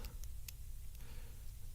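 A small tool pushes the edges of a metal filter screen into a groove in a portable vaporizer's filling chamber, giving light ticking snaps at 0.1, 0.2 and 0.5 seconds. The screen snaps into the groove and is seated.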